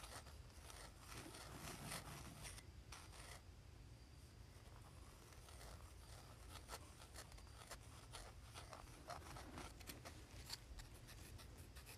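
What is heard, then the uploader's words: A pencil scratches across cardboard in quick, uneven strokes that run the whole time, each leaving a short, crisp scrape. The strokes come densely and irregularly, briefly thinning near the three-second mark, over a steady low rumble underneath. ASMR Pencil on Cardboard.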